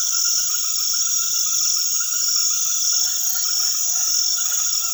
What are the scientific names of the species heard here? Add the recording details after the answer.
none. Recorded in secondary vegetation near Puerto Asís, Putumayo, Colombia, on 20 February 2024 at 21:00. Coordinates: 0.500, -76.326. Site G6428